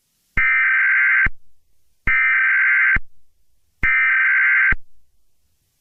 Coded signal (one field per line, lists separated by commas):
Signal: Emergency Alert System (SAME) tones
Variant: header bursts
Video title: EAS Scenario #17: Zombie Dilophosaurus (The Zombified Radioactive Dinosaur)